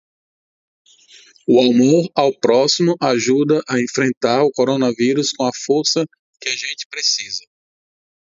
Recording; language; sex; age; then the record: spoken sentence; Brazilian Portuguese; male; 40 to 49 years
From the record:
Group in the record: control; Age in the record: 44 years